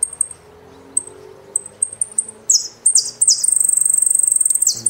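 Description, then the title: Saffron finch calling: spaced high chips, then bold falling sweeps leading into a long rapid buzzing trill. "Jilguero Argentino"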